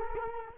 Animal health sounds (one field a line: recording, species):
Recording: mosquito wingbeat signal from an infrared sensor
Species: Culex quinquefasciatus